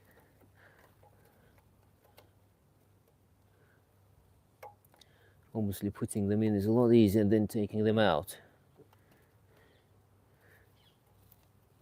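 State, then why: Seated. During engine reassembly for a Ford Focus EcoBoost wet belt change, an electrical wiring connector is pushed onto its plug on an engine component. Someone talks, and a few faint ticks and handling sounds are heard before a short, sharp click at 11.3 s. The connector seats and clicks in.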